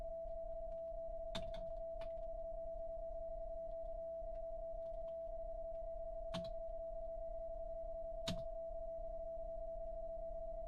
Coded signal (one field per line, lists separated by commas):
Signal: PSK31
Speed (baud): 31.25 baud